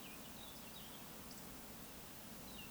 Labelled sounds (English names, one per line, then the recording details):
Eurasian Woodcock whistle
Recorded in Baden-Württemberg, Germany, on 15 May 2020 at 19:33 UTC
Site 46190, 1214 m above sea level